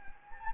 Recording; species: mosquito wingbeat signal from an infrared sensor; Anopheles gambiae